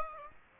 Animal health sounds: mosquito wingbeat signal from an infrared sensor; Aedes aegypti

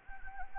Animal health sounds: mosquito wingbeat signal from an infrared sensor; Anopheles gambiae

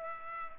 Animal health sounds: mosquito wingbeat signal from an infrared sensor; Culex pipiens

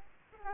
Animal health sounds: mosquito wingbeat signal from an infrared sensor; Aedes aegypti

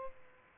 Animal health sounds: mosquito wingbeat signal from an infrared sensor; Culex pipiens

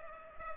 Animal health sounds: mosquito wingbeat signal from an infrared sensor; Culex pipiens

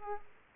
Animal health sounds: mosquito wingbeat signal from an infrared sensor; Aedes aegypti

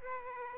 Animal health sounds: mosquito wingbeat signal from an infrared sensor; Aedes aegypti

